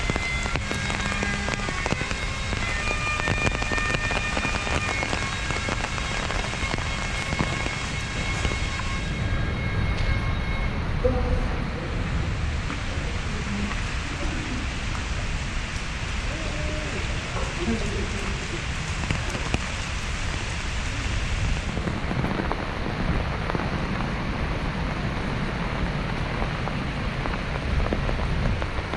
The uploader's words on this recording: Caminhando na chuva no Central Park em Manhattan Nova York. NYC Nature Rain Sounds ASMR.